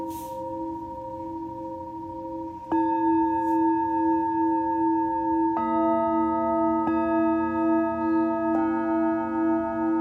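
Singing bowls ring in a slow sound-healing sequence, long steady tones layering over one another. New strikes land near 3, 5.5, 7 and 8.5 seconds, each adding another sustained pitch and thickening the shimmering drone. A soft low rumble sits underneath throughout.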